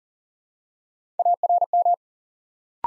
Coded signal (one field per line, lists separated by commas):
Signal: Morse code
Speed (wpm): 42 wpm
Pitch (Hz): 700 Hz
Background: none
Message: ARM